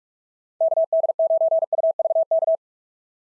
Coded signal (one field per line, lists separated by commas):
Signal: Morse code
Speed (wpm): 44 wpm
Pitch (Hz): 660 Hz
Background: none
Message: KD9UVK